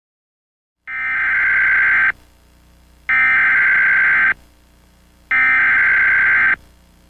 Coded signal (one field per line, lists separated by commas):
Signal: Emergency Alert System (SAME) tones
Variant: header bursts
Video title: (reupload) EAS of the Week - 4/13/2019